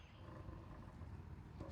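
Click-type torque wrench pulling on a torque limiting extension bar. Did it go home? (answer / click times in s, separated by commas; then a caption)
no / none. A click-type torque wrench set to 70 is pulled against a torque limiting extension bar. Only a low, steady rumble is heard, with no click, and the bar does not move. Nothing has clicked yet.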